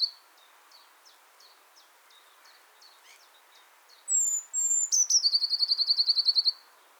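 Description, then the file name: Eurasian blue tit song: faint, evenly repeated high notes, then a few thin, very high drawn-out notes leading into a rapid, bright trill. "Cyanistes caeruleus"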